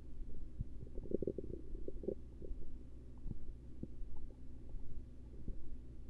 Stomach Rumbling Gurgles.